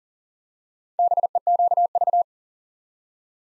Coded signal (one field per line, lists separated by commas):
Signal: Morse code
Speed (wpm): 38 wpm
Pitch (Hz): 700 Hz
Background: none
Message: BEQV